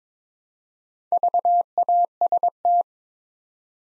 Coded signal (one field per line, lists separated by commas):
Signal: Morse code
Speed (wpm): 22 wpm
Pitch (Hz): 700 Hz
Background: none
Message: VAST